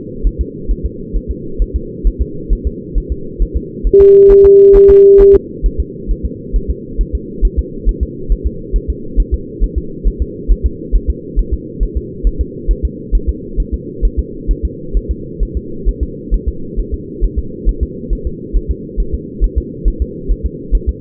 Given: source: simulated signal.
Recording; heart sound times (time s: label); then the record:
fetal heart sounds
0.27 s: S1
0.41 s: S2
0.71 s: S1
0.86 s: S2
1.16 s: S1
1.31 s: S2
1.62 s: S1
1.76 s: S2
2.07 s: S1
2.21 s: S2
2.53 s: S1
2.67 s: S2
2.98 s: S1
3.12 s: S2
3.42 s: S1
3.57 s: S2
3.87 s: S1
4.01 s: S2
4.31 s: S1
4.45 s: S2
4.76 s: S1
4.90 s: S2
5.21 s: S1
5.35 s: S2
5.66 s: S1
5.80 s: S2
6.11 s: S1
6.25 s: S2
6.56 s: S1
6.70 s: S2
7.01 s: S1
7.15 s: S2
7.45 s: S1
7.59 s: S2
7.89 s: S1
8.03 s: S2
8.32 s: S1
8.46 s: S2
8.76 s: S1
8.90 s: S2
9.20 s: S1
9.34 s: S2
9.63 s: S1
9.78 s: S2
10.07 s: S1
10.22 s: S2
10.51 s: S1
10.66 s: S2
10.95 s: S1
11.10 s: S2
11.39 s: S1
11.53 s: S2
11.83 s: S1
11.97 s: S2
12.27 s: S1
12.41 s: S2
12.71 s: S1
12.85 s: S2
13.15 s: S1
13.29 s: S2
13.60 s: S1
13.74 s: S2
14.05 s: S1
14.19 s: S2
14.51 s: S1
14.65 s: S2
14.97 s: S1
15.11 s: S2
15.43 s: S1
15.57 s: S2
15.88 s: S1
16.03 s: S2
16.34 s: S1
16.48 s: S2
16.80 s: S1
16.94 s: S2
17.24 s: S1
17.39 s: S2
17.69 s: S1
17.83 s: S2
18.13 s: S1
18.27 s: S2
18.56 s: S1
18.71 s: S2
19.00 s: S1
19.14 s: S2
19.44 s: S1
19.58 s: S2
19.88 s: S1
20.02 s: S2
20.31 s: S1
20.46 s: S2
20.75 s: S1
20.89 s: S2
From the record:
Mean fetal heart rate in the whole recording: 135 bpm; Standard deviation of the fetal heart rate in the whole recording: 3 bpm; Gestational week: 36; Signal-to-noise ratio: -4.3 dB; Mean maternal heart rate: 72 bpm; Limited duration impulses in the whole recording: present